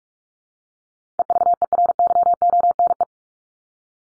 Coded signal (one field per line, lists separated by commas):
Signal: Morse code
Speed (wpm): 44 wpm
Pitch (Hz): 700 Hz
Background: none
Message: EVERYONE